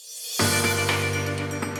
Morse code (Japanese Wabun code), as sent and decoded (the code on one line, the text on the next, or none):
none